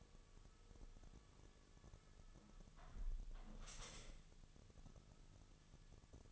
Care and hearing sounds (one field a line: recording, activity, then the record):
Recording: daily activity, microphone in the room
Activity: close window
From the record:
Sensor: 4